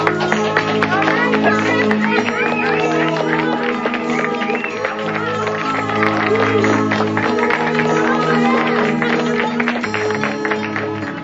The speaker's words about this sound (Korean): Mijangwon 안에 있던 손님들이 두 사람의 사랑을 박수로 축복하죠.